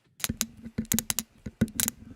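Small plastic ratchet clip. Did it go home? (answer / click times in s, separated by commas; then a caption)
yes / 0.2 s, 0.4 s, 1.0 s, 1.1 s, 1.2 s, 1.8 s. A quick-release clip, held up close to the microphone, is slid into its holder and gives a series of sharp clicks at about 0.2, 0.4, 1.0, 1.1, 1.2 and 1.8 seconds as it goes in. It locks and holds tight, and it releases with a push-button.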